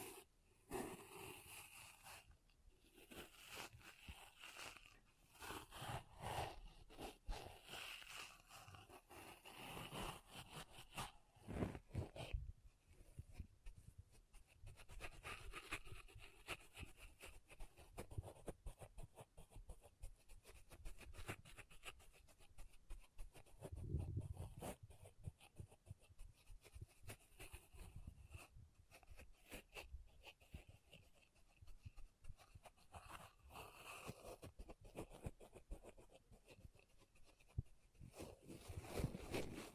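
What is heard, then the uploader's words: Pom poms are rubbed and squished in dense, crackly rustling bursts, busiest and loudest in the first twelve seconds, then softer and more scattered. ASMR Ultimate Pom Pom Tingles (No Talking).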